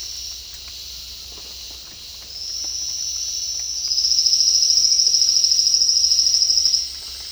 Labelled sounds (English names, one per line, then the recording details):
Trilling Gnatwren
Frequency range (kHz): Trilling Gnatwren 3.4-8.8 kHz
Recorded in dense forest near Puerto Asís, Putumayo, Colombia, on 18 February 2024 at 09:00
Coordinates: 0.496, -76.326
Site G6383